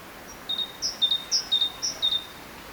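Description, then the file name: Great tit giving quick two-note phrases, a high piercing note followed by a lower clear whistle, repeated about twice a second over faint hiss. "Parus major"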